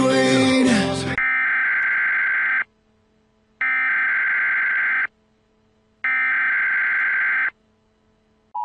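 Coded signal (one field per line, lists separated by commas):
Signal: Emergency Alert System (SAME) tones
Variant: header bursts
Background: speech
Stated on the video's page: Parody EAS alert, not a real broadcast.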